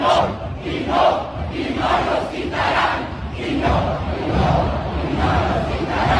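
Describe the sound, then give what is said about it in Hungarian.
A large crowd at a street march for Maduro, shown in an AI-generated video, roars steadily, with voices rising in rhythmic waves, as if chanting together in a repeating beat, loud and continuous throughout. “De folyó úgy folyik ez a tömeg, egy semmi ilyen kicsit káosz nincsen.”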